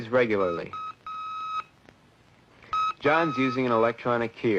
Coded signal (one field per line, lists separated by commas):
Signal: Morse code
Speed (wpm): 7 wpm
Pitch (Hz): 1270 Hz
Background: speech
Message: U R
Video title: world of Ham Radio back in the Day